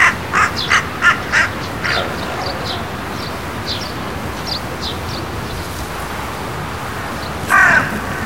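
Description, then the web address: Large-billed crow with a burst of rough calls at the start and a single loud harsh caw near the end, while small birds chirp thinly in between over constant hiss. Recorded at Azamidani. "raivu sansaku azamidani sound bird hasibosogarasu"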